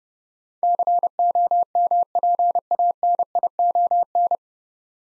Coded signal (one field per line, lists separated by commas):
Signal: Morse code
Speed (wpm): 30 wpm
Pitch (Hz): 700 Hz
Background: none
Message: COMPANION